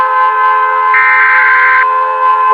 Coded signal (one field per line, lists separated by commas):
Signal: Emergency Alert System (SAME) tones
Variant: header bursts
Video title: All South American EAS Alarms